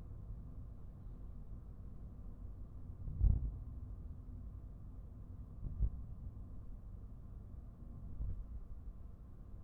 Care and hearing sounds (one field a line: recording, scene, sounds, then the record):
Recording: everyday scene through a hearing-aid microphone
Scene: in a vehicle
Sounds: engine, traffic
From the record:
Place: Skoda Fabia, gasoline engine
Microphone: behind the ear, right, rear